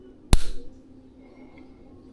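A threadlocked bleed screw is unscrewed from the bleed port of a hydraulic Magura MT5 e-bike brake, and the thread-locking compound breaks free with a single sharp snap at 0.3 s that rings briefly before fading to quiet. A much fainter tick follows near 1.6 s, and the screw is released.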